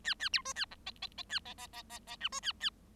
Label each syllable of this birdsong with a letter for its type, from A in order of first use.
A A B C A D E E E A E E E E E F C A A